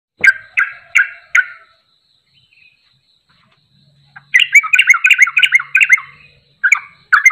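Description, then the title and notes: Bulbul song: four quick bubbly notes, a silent gap of nearly three seconds, then a dense burst of warbling slurred phrases and two final notes. Champion bird singing in the 'tembakan' style; a tutoring recording for training other birds. "MASTERAN Trucukan Tembakan. trucuk juara"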